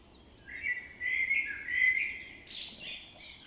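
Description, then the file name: Common blackbird phrase: low, smooth fluting notes run together, then a thin high chattering flourish to close. "Turdus merula"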